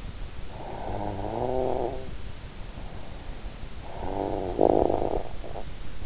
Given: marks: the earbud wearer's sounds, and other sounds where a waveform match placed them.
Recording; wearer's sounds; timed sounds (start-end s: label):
sounds in sleep by an in-ear microphone; snoring breath
0.52-2.23 s: snoring breath
4.01-5.95 s: snoring breath